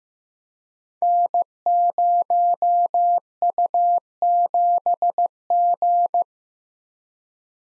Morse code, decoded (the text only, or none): N0U7G